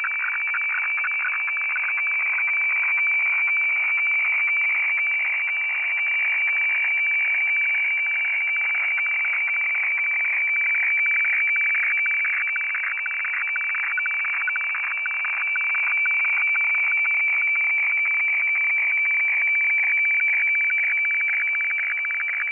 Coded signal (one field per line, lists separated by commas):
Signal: weather fax (radiofax)